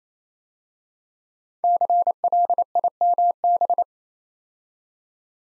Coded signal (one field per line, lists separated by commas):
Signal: Morse code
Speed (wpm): 29 wpm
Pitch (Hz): 700 Hz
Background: none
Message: CLIMB